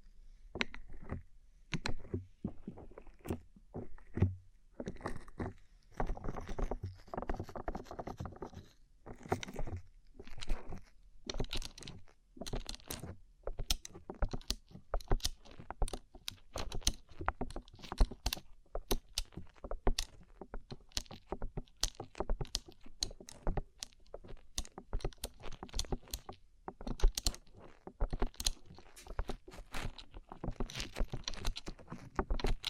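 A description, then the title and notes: Fingernails tap on a rhinestone-covered surface, close to the ear, in quick, irregular bursts of sharp, crisp clicks. The tapping starts sparse and grows denser after the first few seconds, with brief pauses between clusters and some faint scratchy brushing underneath. ASMR Rhinestone Covered Tapping 3Dio (No Talking).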